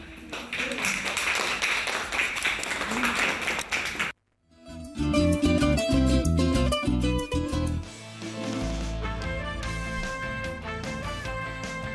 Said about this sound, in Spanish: Muy bien, bueno, muchas gracias, cuarto grado. Nos despedimos con un aplauso.